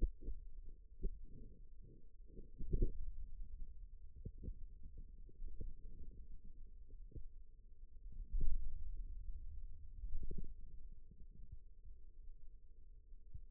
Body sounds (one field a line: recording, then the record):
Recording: forearm muscle sounds (acoustic myography)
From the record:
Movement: ulnar deviation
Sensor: system 2, bracelet of six BSWA MPA416 microphones around the upper forearm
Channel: 4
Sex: male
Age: 22 years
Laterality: right